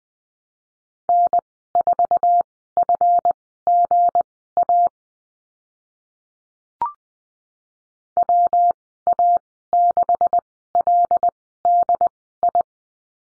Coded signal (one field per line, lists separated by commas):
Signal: Morse code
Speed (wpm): 20 wpm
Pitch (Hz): 700 Hz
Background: none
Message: N4FGA WA6LDI